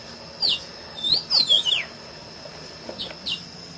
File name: Canto do pedro ceroulo